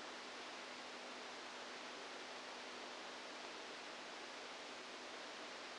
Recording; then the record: brain microelectrode recording played as sound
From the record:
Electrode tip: outside the subthalamic nucleus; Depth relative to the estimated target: -8 mm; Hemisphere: right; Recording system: NeuroSet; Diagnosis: Parkinson's disease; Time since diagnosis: 7 years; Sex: female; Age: 68 years